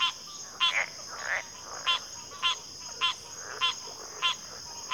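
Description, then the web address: Crickets keep up an unbroken high-pitched trill, with sharp buzzy pulses recurring about every 0.6 seconds and faint softer calls in the gaps. Chorus of crickets at a backwater. "WLL Grade 1-12 Pre-Uni Library Natures Songs Sleep Sounds of Nature CRICKETS Backwater Chorus"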